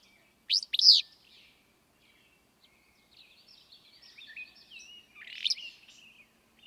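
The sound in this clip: Willow flycatcher song: a loud, sneezy two-part burst near the start, a stretch of soft twittering chatter, then a second buzzy burst about five seconds later.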